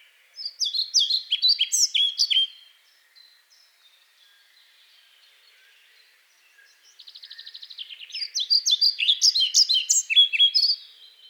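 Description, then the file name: European pied flycatcher singing two high, lively phrases of sweet chirping notes, with a quiet pause and a short trill between them. "kormos-légykapó-hangja"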